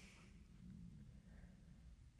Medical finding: Tummy rumbling.